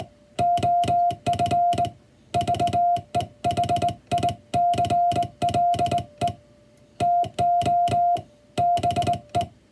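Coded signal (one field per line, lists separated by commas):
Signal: Morse code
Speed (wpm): 20 wpm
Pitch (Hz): 700 Hz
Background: music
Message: OF VEHICLE TO BE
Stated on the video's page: English Morse sending practice for the first-class radiotelegraph operator exam's five-minute sending test, counting characters sent in five minutes.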